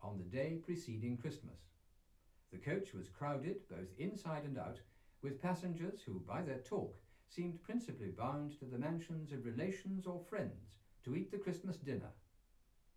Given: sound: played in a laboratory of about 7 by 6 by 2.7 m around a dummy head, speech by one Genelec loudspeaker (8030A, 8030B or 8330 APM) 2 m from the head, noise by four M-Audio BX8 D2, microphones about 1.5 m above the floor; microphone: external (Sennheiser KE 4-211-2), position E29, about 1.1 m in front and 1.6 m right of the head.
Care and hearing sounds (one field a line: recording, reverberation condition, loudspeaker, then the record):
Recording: male speech in English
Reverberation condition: low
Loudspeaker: 150 degrees to the left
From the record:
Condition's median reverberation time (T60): about 310 ms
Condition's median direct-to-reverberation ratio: about 3.5 dB